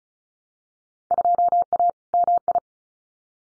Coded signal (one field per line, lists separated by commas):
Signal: Morse code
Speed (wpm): 36 wpm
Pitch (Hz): 700 Hz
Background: none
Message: 2A MI